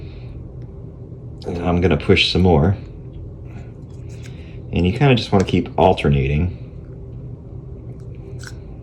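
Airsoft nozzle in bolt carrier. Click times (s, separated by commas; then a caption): 8.1 s, 8.5 s. Someone talks while alternately pushing from either side on the airsoft nozzle inside the bolt carrier of a VFC MP5 GBB V2, with a low rumble in the background. Two sharp clicks at 8.2 and 8.5 seconds mark the nozzle popping free out of the back of the bolt carrier.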